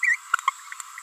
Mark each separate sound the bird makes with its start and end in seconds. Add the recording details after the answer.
0.03-0.16, 0.47-0.50. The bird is a female. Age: 29 days. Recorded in a nest box in Venezuela. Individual 17B42A4